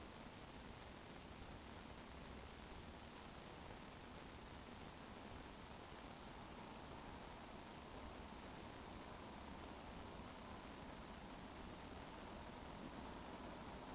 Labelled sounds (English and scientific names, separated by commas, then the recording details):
Eurasian Woodcock (Scolopax rusticola) whistle
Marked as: whistle, whistle, whistle, whistle
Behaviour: display flight
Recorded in Baden-Württemberg, Germany, on 11 June 2020 at 20:39 UTC
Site 14569, 102 m above sea level